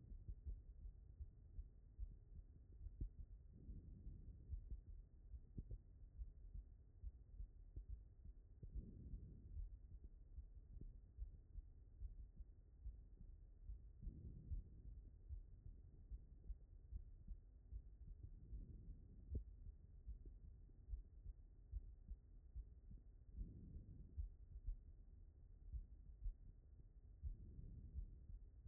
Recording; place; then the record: heart sounds by stethoscope; aortic valve (AV)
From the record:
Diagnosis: non-HFrEF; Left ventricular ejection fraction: 68%